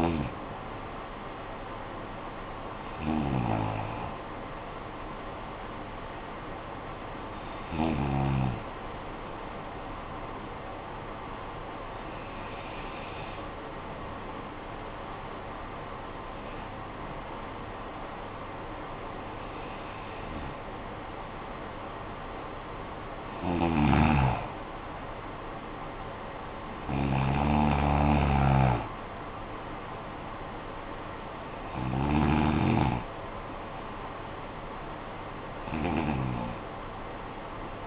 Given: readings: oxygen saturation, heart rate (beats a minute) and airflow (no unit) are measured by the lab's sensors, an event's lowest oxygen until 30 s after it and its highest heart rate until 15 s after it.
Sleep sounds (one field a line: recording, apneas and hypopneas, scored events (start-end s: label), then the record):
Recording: breathing in sleep by a voice recorder at the bedside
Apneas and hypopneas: 1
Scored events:
12.00-24.30 s: hypopnea (N2, oxygen 93% highest, then 90% lowest, heart rate 57 at the start, 65 highest)
From the record:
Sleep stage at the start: N2 (light sleep)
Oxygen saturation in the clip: 90 to 93%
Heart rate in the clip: 53 to 67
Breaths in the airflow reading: 10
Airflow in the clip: -10.1 to 9.9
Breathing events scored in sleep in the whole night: 445 in 7.6 hours asleep